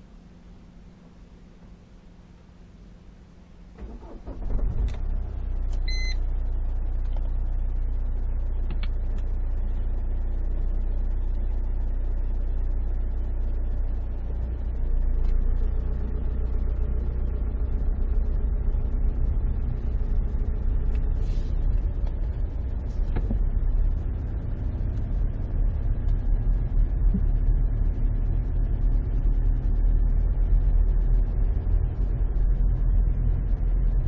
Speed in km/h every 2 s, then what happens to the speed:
0, 0, 0, 0, 0, 0, 0, 0, 5, 7, 8, 9, 9, 9, 10, 11, 11.
0-14 standing. 14-19 pulls away to 8. 19-34 steady at about 9.